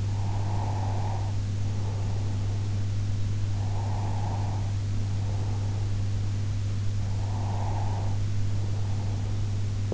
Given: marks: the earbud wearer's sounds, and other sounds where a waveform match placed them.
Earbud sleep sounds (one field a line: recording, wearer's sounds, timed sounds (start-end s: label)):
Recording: sounds in sleep by an in-ear microphone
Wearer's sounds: breath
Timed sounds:
0.00-2.94 s: breath
3.45-6.31 s: breath
7.08-9.71 s: breath